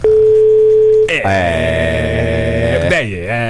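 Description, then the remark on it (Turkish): A telephone line tone of an incoming call: a steady, single-pitched beep holds for about a second, then gives way to a loud, buzzy, harmonic sound that bends down and back up near the end. “Hah, geldi galiba telefonlar.”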